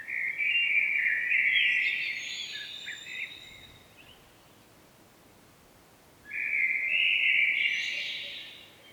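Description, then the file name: Common blackbird singing two clear phrases: a fluty warble with squeaky ending, a silence of a couple of seconds, then another rich whistled phrase. "Turdus merula"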